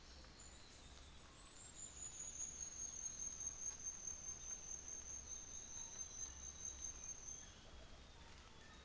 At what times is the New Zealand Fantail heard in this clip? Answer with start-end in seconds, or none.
0.29-7.75